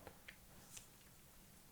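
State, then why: Not seated. A folded metal butt plate on a machine pistol is pressed flat and snugged up against the pistol frame, giving three faint, brief taps near 0.1, 0.3 and 0.8 seconds. It fits neatly, but nothing latches it in place, so nothing has seated or clicked yet.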